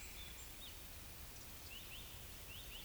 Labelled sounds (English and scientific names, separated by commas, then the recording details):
Eurasian Woodcock (Scolopax rusticola) whistle
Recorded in Baden-Württemberg, Germany, on 10 May 2021 at 19:10 UTC
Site 24606, 635 m above sea level